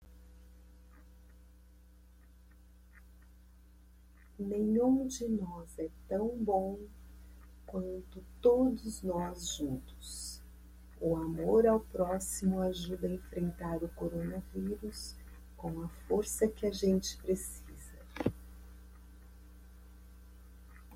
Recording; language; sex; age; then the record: spoken sentence; Brazilian Portuguese; female; 50 to 59 years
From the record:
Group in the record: control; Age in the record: 54 years